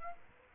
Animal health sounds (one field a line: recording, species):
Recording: mosquito wingbeat signal from an infrared sensor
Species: Aedes aegypti